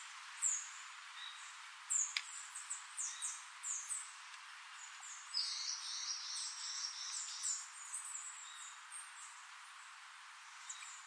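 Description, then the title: Bird song, high scattered chirps, then a quick run of repeated bright notes midway, followed by more thin downslurred chirps against low hiss. "LuckyPassaro Completos2Sama"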